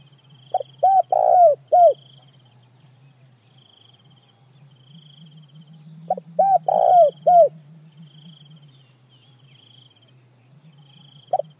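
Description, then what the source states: Spotted dove calling twice, several soft notes swelling into a rolled coo and a closing note, with a low droning hum and high insect trill underneath. Calling the flock.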